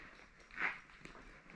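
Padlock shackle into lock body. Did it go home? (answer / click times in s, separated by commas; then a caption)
no / none. A second padlock is being handled, with its shackle about to be pressed into the lock body. Soft rustling handling noise rises around 0.6 s, with brief sharp ticks at 1.0 s and 1.5 s. The shackle has not clicked or seated yet by the end of the clip.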